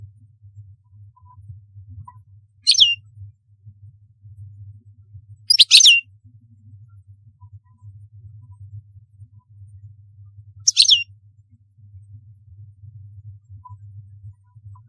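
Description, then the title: European goldfinch giving three short, bright twittering bursts separated by long pauses, a low hum running underneath. "Chant Chardonneret"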